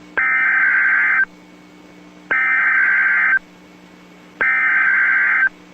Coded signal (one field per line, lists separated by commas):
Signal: Emergency Alert System (SAME) tones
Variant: header bursts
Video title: NOAA EAS MOCK SEVERE WEATHER STATEMENT 4/15/21 (WISCONSIN STATEWIDE TORNADO DRILL 2021)